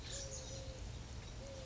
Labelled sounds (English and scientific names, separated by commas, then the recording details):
Eurasian Collared Dove (Streptopelia decaocto)
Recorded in Sonoma County, California